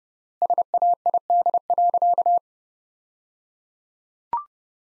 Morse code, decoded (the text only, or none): SAID.